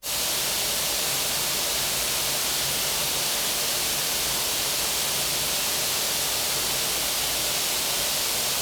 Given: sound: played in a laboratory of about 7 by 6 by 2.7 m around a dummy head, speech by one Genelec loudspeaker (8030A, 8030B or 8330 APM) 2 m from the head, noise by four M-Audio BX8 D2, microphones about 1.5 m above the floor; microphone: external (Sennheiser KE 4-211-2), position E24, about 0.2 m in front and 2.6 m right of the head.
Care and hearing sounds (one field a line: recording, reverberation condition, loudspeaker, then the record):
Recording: white noise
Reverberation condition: high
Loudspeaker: four, about 170 cm from the corners of the room and facing them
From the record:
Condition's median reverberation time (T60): about 1300 ms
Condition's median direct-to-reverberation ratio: about -4.0 dB